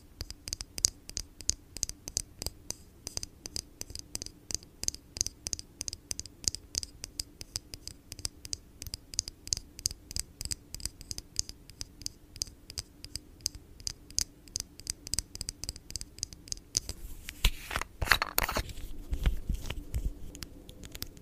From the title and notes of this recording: Blue yeti microphone. Asmr tapping.